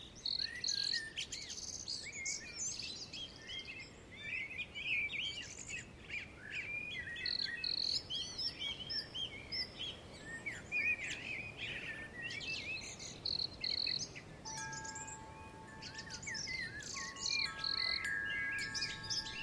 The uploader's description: Birds swoop through the trees and down through the flowers.